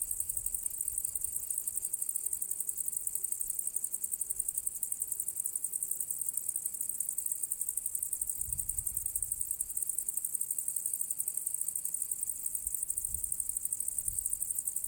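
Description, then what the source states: Crickets in a continuous high, pulsing chorus that runs without break, with faint low rumbles near the middle and end. Recorded on the south slope of the path to the Cosilinium archaeological area; Zoom H6 recorder with MS capsule.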